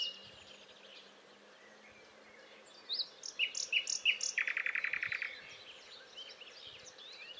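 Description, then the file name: Common nightingale singing: a few sharp repeated notes, then a fast dry rattling trill lasting about a second. "Luscinia megarhynchos"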